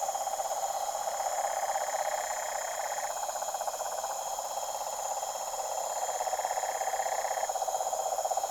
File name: articulated TROPICAL Pond night pure uncanny deep toad chorus